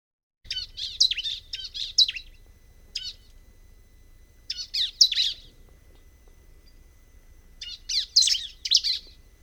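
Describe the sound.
Bar-winged prinia singing short clusters of bright, high chirps, with gaps of a few seconds between bursts and a quiet low hum underneath.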